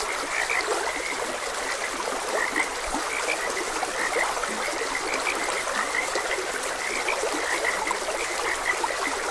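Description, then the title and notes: Chorus of frogs, many short croaking notes overlapping without pause, set against steady running-water noise. Frogs croaking beside a gentle stream. "Gentle Stream and Frogs Croaking - Calming Sounds of Nature. Sleep and Relaxation Podcast"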